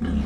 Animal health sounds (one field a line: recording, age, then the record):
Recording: pig call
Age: growing-finishing pig (85 days or more)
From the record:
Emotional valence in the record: negative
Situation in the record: barren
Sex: female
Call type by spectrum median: low-frequency call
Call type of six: low-frequency stable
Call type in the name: low-frequency stable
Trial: 3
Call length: 0.26 s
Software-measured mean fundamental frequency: 41 Hz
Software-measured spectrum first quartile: 87 Hz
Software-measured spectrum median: 185 Hz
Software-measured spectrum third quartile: 292 Hz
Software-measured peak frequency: 222 Hz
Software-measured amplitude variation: 91 dB a second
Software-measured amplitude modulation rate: 21.3 a second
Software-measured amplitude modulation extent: 4.3 dB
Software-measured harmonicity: -1.9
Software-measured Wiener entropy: -0.94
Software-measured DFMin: 643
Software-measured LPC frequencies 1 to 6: 225, 1637, 3018, 3835, 5329, 6014 Hz